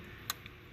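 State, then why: Released. Pushing down the release tab of a plastic electrical connector on the alternator of a Volvo LR2 3.0T 3.2 SI6, during alternator replacement, gives one sharp, bright click at 0.3 s, followed by a fainter tick at about 0.5 s. The connector latch clicks open, so it is disconnected and can be pulled off.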